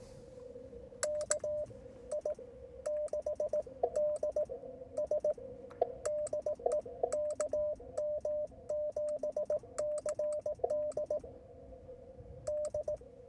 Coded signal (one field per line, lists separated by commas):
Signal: Morse code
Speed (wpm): 18 wpm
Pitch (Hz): 600 Hz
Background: radio noise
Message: KI6DS DE KM7CD D